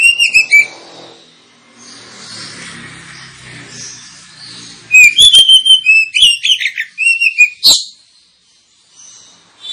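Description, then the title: Oriental magpie-robin song: loud whistled phrases opening, a soft twittering stretch, then a fast loud series of varied whistles and sharp notes. Lure recording of kacer singing, intended to provoke other kacer birds into singing and fighting, with full song bursts called tembakan. "Kacer Langsung Tarung Konslet KACER NGOTOT FULL TEMBAKAN. Kacer dimana SAJA Bakalan NGEPLONG GACOR dengan Pancingan Kacer ini"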